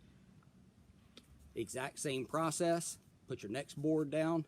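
A composite deck board is being handled as the next one is set down onto a hidden step clip, while someone talks throughout. Nothing has seated or clicked into the step clip yet.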